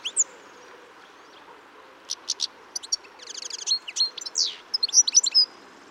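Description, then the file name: European goldfinch calls: a brief note, a pause, then scattered sharp chips building into a fast tinkling, buzzy twitter of liquid notes. "Carduelis carduelis"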